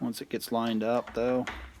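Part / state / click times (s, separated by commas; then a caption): spring-loaded drawer bar into drawer side / not seated / none. A spring-loaded metal drawer bar is being handled and lined up against the side of a DTC drawer box from Cabinets To Go while someone talks. Only speech and faint handling are heard, and nothing has seated or clicked yet.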